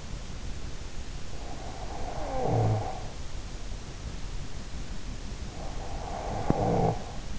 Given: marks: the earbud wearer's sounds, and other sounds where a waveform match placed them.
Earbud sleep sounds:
sounds in sleep by an in-ear microphone; snoring breath
1.26-3.17 s: snoring breath
5.39-7.39 s: snoring breath

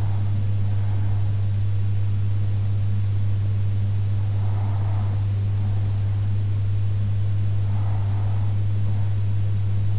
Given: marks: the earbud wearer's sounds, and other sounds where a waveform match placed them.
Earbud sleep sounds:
sounds in sleep by an in-ear microphone; breath
0.00-1.99 s: breath
3.99-5.99 s: breath
6.99-8.99 s: breath

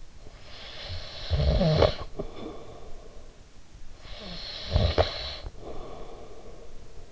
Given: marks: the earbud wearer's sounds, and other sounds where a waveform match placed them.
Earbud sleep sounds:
sounds in sleep by an in-ear microphone; snoring breath
0.07-3.64 s: snoring breath
3.84-7.11 s: snoring breath

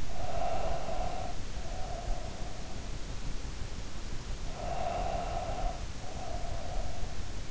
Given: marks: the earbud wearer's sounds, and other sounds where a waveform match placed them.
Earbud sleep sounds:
sounds in sleep by an in-ear microphone; breath
0.08-2.97 s: breath
4.28-7.51 s: breath

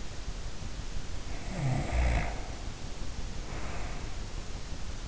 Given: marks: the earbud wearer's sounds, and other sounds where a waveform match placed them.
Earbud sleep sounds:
sounds in sleep by an in-ear microphone; snoring breath
1.01-4.29 s: snoring breath

